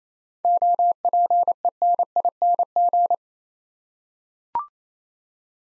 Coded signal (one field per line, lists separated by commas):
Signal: Morse code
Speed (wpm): 27 wpm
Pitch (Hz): 700 Hz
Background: none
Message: OPENING